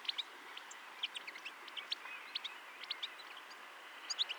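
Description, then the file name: European goldfinch calls, rapid bright chirps and twittering notes repeated throughout over a faint background hiss. "Carduelis carduelis"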